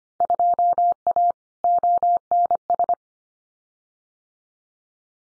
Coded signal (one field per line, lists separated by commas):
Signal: Morse code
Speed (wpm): 25 wpm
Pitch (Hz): 700 Hz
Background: none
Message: 2A ONS